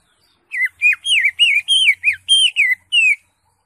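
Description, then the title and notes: Greater Green Leafbird song: a quick run of about ten loud, wavering whistled notes sliding up and down, delivered in a steady burst. Song used for tutoring (masteran) caged birds. "Suara Burung Cucak Ijo. mantap buat masteran burung cak ijo"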